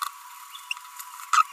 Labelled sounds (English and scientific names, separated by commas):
Green-rumped Parrotlet (Forpus passerinus) babbling